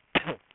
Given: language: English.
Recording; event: throat vibration sensor signal played as sound; cough